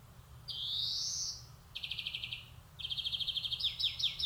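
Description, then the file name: European greenfinch with a drawn-out rising wheezy note, then a short rapid trill and a longer rattling trill. "Chloris chloris"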